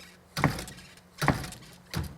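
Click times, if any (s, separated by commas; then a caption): none. A door with a worn, loose latch is pushed shut, giving three sharp knocking impacts near 0.4, 1.3 and 1.9 seconds. The latch never catches in the strike plate, and nothing has seated or clicked yet.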